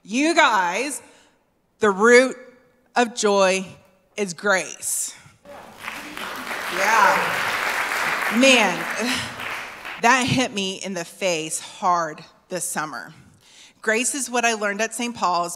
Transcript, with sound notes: You guys, the root of joy is grace. (applause) Yeah, man, that hit me in the face hard this summer, grace is what I learned at St Paul's.